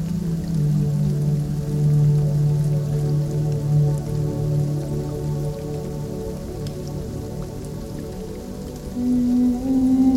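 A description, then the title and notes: Relaxing music plays with a soft, steady low drone and sustained tones, a held note around the middle fading slightly before a new higher tone enters near nine seconds. A faint airy wash with light scattered ticks runs underneath throughout. Blossoms on the tree - Relaxing music - Wind sound for focus and concentration.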